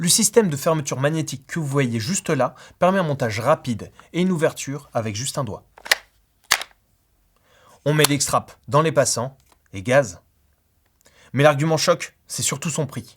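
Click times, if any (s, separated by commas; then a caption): 5.9 s, 6.5 s. Someone talks while the magnetic strap buckle on an Alpinestars BNS Pro motorcycle neck brace is fastened, giving two sharp snaps at about 5.9 s and 6.5 s. The magnetic closure snaps shut and seats, and then the talking resumes.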